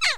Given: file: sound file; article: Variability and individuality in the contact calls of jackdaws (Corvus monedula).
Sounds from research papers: jackdaw call; noisy

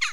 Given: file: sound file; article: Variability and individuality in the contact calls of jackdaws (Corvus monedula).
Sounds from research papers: jackdaw call; harmonic

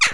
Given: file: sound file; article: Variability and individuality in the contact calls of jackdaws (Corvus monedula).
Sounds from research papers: jackdaw call; harmonic

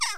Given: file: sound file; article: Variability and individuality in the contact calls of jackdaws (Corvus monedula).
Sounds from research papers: jackdaw call; harmonic

